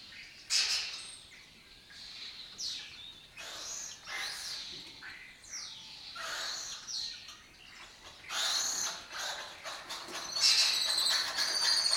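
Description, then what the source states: Lesser kestrel calls: harsh, raspy chattering bursts repeated irregularly, with some higher thin chirps. Colony of migratory lesser kestrels breeding in an abandoned building complex in Doñana, southern Europe; they forage in West Africa.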